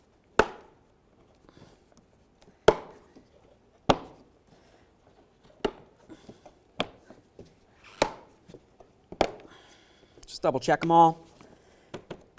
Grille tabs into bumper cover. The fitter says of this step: once we have all of them started in, we're just going to gently press it in. Listen for a click.